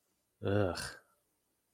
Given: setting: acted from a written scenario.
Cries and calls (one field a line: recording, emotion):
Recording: vocal sound without words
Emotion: disgust